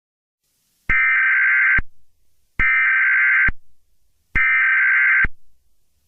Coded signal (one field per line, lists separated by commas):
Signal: Emergency Alert System (SAME) tones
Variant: header bursts